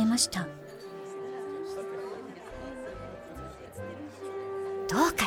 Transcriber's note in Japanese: 宴会場のざわめき